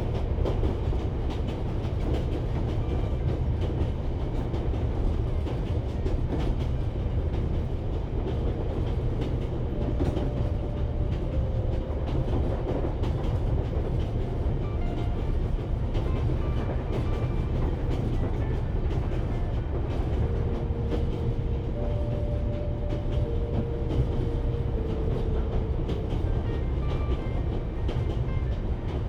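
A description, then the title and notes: An old train rumbles steadily along with dense, low clattering and rattling, brief squealing tones drifting in and out over the constant roar. A journey in an old train.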